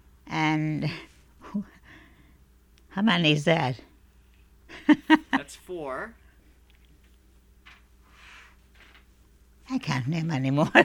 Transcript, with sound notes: and, ooh! How many is that? ( she laughs )
That's four.
I can't name any more.